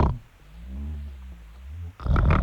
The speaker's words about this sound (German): so entsetzlich schnarcht